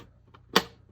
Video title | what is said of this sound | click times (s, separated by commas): Samsung 43" TV Repair Successful - UN43MU6300F | snapped into place | 0.6 s